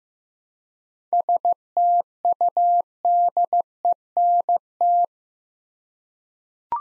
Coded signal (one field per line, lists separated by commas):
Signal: Morse code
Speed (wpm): 15 wpm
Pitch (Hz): 700 Hz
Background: none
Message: STUDENT